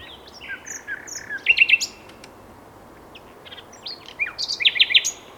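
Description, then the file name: Common nightingale song: two short phrases of soft whistles leading into quick repeated sharp chirps. "Luscinia megarhynchos"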